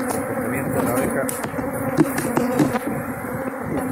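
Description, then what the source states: Honey bees producing a continuous droning buzz, a low steady hum with a brief louder surge around the middle. Aggressive honey bees inside the hive.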